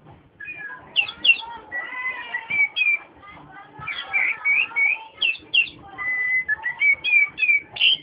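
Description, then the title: Oriental magpie-robin song: varied whistled phrases with rising and falling slurs, in a near-continuous stream with only brief dips between notes. Long continuous chirping song. "Kicau Kacer Durasi Panjang 1jam Lebih"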